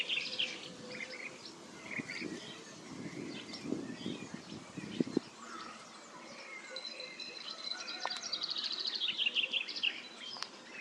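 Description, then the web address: Common chaffinch song: a descending, accelerating trill late, following low thumps and assorted faint chirps from other birds. "Deverinetal 2025 File origin Bird Only Fr Co"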